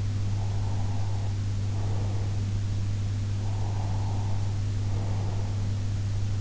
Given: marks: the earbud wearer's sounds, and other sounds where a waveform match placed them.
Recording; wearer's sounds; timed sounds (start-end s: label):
sounds in sleep by an in-ear microphone; breath
0.36-2.65 s: breath
3.42-5.88 s: breath